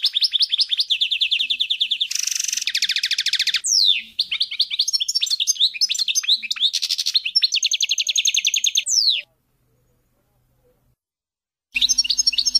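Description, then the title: European goldfinch song: fast runs of repeated twittering notes, buzzy trills and sharp downslurred notes, broken by a silent pause before the twittering resumes. "Chant Chardonneret"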